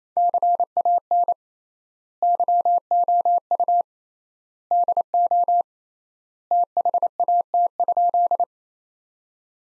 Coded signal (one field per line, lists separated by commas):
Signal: Morse code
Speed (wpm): 27 wpm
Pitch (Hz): 700 Hz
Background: none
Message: CAN YOU DO THAT?